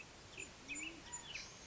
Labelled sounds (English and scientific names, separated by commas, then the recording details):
Band-tailed Pigeon (Patagioenas fasciata)
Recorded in Sonoma County, California